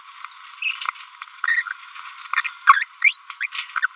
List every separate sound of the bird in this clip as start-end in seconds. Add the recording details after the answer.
1.44-1.62, 2.33-2.41, 2.45-2.49, 2.67-2.83, 3.41-3.46. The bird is a female. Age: 30 days. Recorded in a nest box in Venezuela. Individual 17B42B3